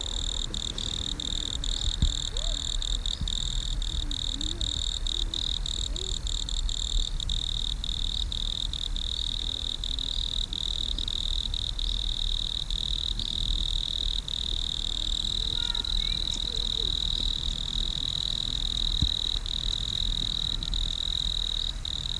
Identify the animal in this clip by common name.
Wood Cricket